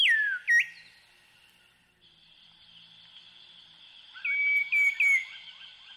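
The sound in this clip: African Emerald Cuckoo giving a falling whistle and a short note, then after a pause three short whistled notes, with a steady high drone behind.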